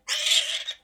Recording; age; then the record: pig call; piglet (1 to 25 days)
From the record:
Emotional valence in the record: negative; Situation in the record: restrain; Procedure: back test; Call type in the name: high-frequency call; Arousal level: maximum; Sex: female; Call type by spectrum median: high-frequency call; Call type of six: high-frequency stable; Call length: 0.83 s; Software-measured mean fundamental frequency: 205 Hz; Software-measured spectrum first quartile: 3142 Hz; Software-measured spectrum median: 3779 Hz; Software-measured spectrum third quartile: 5929 Hz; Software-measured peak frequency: 3402 Hz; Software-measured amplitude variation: 237 dB a second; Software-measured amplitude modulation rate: 19.3 a second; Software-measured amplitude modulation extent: 12.3 dB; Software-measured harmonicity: 2.7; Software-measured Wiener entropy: -2.02